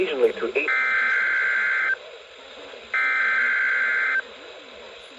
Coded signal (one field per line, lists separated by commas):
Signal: Emergency Alert System (SAME) tones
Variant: header bursts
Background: speech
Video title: EAS #760-762 LOT Required Weekly Test